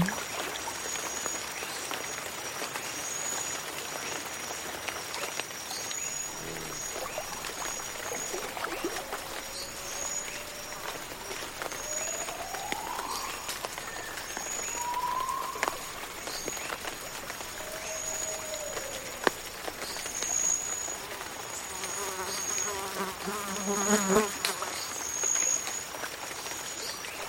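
Jungle swamp ambience with a steady, dense bed of insect buzzing and a thin high whine running throughout. Scattered frog calls rise and fall as short sliding croaks and chirps, with a busier burst of croaking near the end, over constant crackling ticks.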